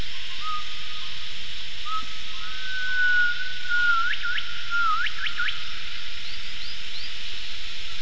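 Gibbon call: long steady whistled notes that break into quick rising and falling swoops in the second half, over a constant high hiss.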